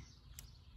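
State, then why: Seated. While a reversing camera is installed on a 2014 Opel Corsa D 1.4, a wiring connector is pushed into its mating connector in the camera harness. It gives one short, sharp click at 0.4 s over a steady low rumble. The connector is seated.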